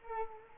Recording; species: mosquito wingbeat signal from an infrared sensor; Culex quinquefasciatus